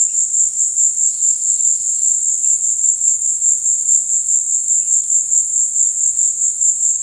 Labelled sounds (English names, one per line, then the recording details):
none
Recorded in dense forest near Puerto Asís, Putumayo, Colombia, on 19 February 2024 at 16:30
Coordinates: 0.472, -76.329
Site G6394